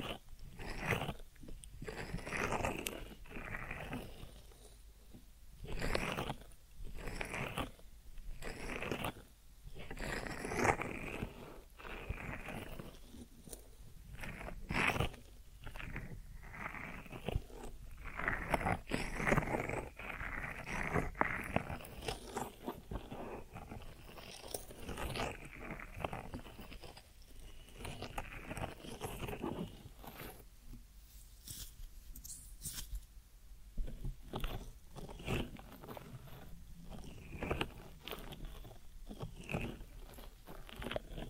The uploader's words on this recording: ASMR Deep Ear Massage for Sleep(No Talking).